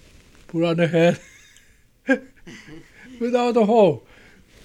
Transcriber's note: he laughs